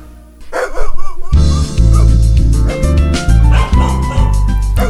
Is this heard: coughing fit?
no